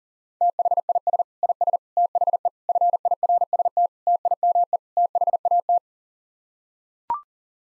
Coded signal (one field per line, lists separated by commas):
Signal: Morse code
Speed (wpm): 40 wpm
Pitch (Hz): 700 Hz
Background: none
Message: THIS IS THE FIRST TIME THAT